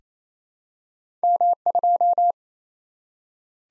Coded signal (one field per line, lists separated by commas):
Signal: Morse code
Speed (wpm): 29 wpm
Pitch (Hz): 700 Hz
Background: none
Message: M2